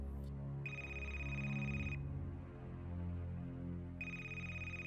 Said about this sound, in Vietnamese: Tiếng chuông điện thoại vang lên